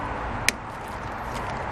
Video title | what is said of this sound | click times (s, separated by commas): 2007 SUZUKI GSXR 600 LOW BEAM HID KIT INSTALL | like that and then you got this one like that make sure they snap in | 0.5 s